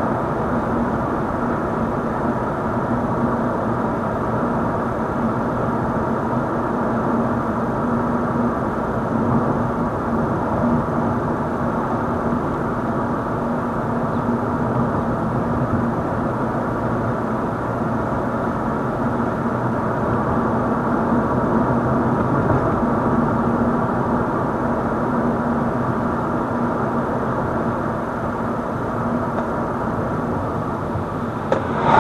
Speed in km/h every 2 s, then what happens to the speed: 58, 57, 57, 56, 54, 52, 52, 53, 56, 58, 60, 60, 60, 57, 54, 43.
0-12 steady at about 56. 12-24 speeds up to 60. 24-32 slows to 43.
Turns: none.